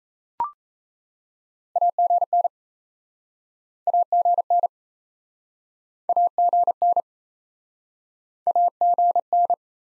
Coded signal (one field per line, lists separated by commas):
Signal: Morse code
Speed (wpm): 38 wpm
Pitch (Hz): 700 Hz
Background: none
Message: AGN AGN AGN AGN